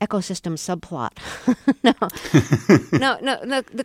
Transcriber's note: laughter